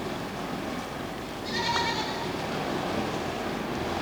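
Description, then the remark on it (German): A goat bleats once, a short wavering, nasal cry that rises above a steady, rushing background noise, then fades; no one speaks. “Das müssen Ziegen sein.”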